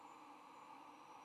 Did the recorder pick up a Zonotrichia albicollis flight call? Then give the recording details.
no. No flight call is heard. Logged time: 07:26 on 9 November 2014